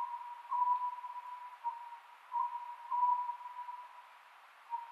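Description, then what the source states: Oriental scops owl calling with short, low hooting notes near one pitch, several in five seconds, over a steady unbroken tone. Recorded 27 May 2010 at 22:21; Japanese name konohazuku.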